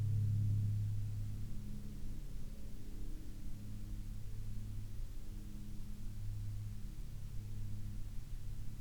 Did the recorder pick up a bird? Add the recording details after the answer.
no. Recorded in the Prudhoe Bay oil fields, Alaska, on 17 May 2021 at 14:54. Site 28